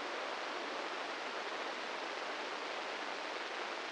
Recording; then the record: brain microelectrode recording played as sound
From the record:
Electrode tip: inside the subthalamic nucleus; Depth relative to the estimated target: -1 mm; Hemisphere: right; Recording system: NeuroSet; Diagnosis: Parkinson's disease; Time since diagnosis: 15 years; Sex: male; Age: 65 years